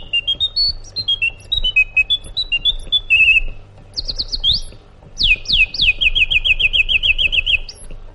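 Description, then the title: Sooty-headed bulbul song: a run of clear whistled notes stepping up and down, then sharp downslurred notes and a fast trill of repeated chips, over a low rumbling hum. "Suara Burung Kutilang"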